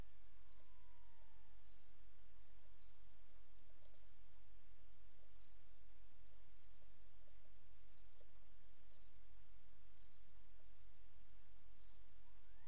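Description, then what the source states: Crickets chirping: brief, high-pitched pulsed chirps about once a second in a loose rhythm, with a faint low hum underneath. Recorded on 28 August 2007.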